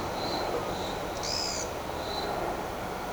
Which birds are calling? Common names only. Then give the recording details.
none. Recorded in shrubland near Pivijay, Magdalena, Colombia, on 14 April 2023 at 15:30. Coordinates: 10.453, -74.365. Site P5-G022